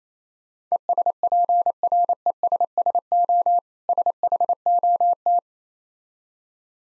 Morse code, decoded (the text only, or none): ESPRESSO SHOT